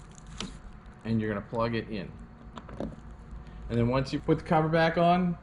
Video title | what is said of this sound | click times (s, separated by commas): DRR USA EV ATV - Charging Procedure Walkthrough | Vas a agarrar la manija porque se traba y tirar de esto hacia afuera, | 0.2 s, 0.4 s